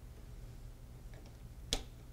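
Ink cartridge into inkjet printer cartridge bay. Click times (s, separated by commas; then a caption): 1.7 s. An ink cartridge is pressed into the colour-coded cartridge bay of a Brother MFC-J4510DW, MFC-J4610DW or MFC-J4710DW inkjet printer, with the cartridges installed from left to right. Two faint ticks at about 1.1 s and 1.3 s are followed by a sharp, loud click at 1.7 s as the cartridge seats in place.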